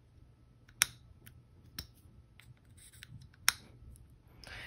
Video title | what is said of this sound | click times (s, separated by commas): Apple MagSafe+20W Adapter Full Review And Charging Time/Speed With -- iPhone 12 Pro Max | a really satisfying click if you're into something like that i don't know there are some people that like that anyway | 0.8 s, 3.5 s